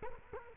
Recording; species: mosquito wingbeat signal from an infrared sensor; Culex quinquefasciatus